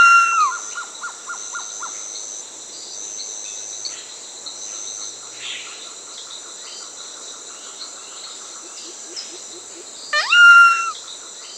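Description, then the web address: Solitary cacique calling with a loud whistled downslur and a quick run of short repeated notes, then a sharp rising-falling whistle near the end, over a steady high insect drone. Recorded in Peru, part of a collection of Amazon birds. "Natures Songs S America Birds of the Amazon Solitary Cacique (Cacicus solitarius), Peru"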